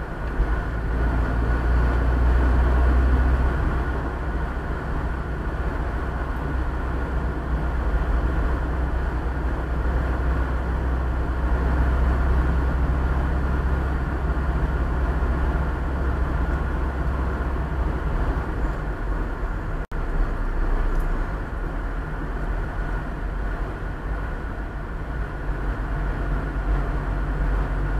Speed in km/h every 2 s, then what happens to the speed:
44, 49, 52, 50, 50, 51, 52, 53, 53, 52, 50, 47, 45, 45.
0-3 speeds up to 52. 3-28 steady at about 50.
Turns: none.